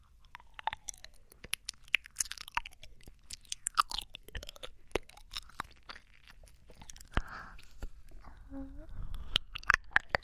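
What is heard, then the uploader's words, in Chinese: Wet mouth sounds fill the clip: dense, irregular clicks, smacks and chewing-like crunches crackling throughout. Around seven to nine seconds a soft voiced sound rises and dips, with breathy noise between the clicks. 少女喘息口腔音纯享版。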